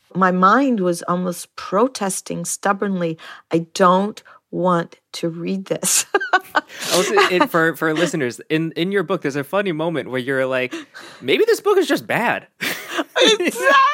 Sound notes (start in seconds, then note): 5.8 laughter; 12.6 laughter